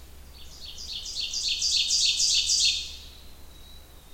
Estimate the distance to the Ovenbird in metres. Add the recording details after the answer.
about 10 m. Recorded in boreal forest in Alberta, Canada, on 28 June 2016 at 07:20. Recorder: SongMeter 3, array SBT-6-79. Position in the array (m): 2 m, 94 m. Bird 40